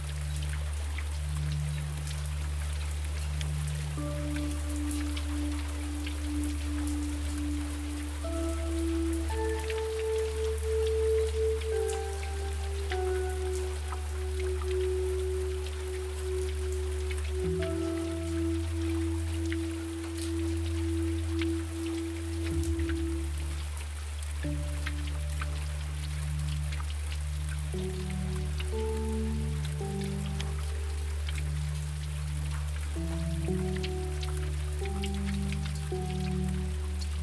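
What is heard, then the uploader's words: Rain falls steadily and evenly throughout, a dense patter with scattered sharper drops. Beneath it a deep, sustained hum holds, while soft gentle notes drift slowly, one tone lingering for several seconds before shifting to the next. Rain Falling and a Few Gentle Notes.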